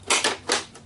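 The eject button on a Super Nintendo Entertainment System (SNES) console is pressed, and the plastic game cartridge pops up out of the slot with sharp clacks at 0.3 and 0.5 seconds, followed by a fainter tap near 0.8 seconds. The cartridge is released from the console.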